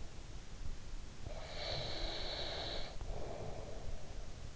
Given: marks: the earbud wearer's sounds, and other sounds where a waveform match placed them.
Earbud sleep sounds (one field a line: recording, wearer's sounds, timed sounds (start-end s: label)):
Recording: sounds in sleep by an in-ear microphone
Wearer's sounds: breath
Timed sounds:
0.98-4.13 s: breath